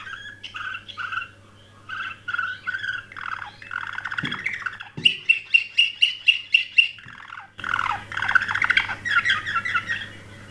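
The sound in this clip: Canary song of varied phrases, a run of loud rapid repeated notes, then rich rolling trills, over a low background hum and occasional thumps.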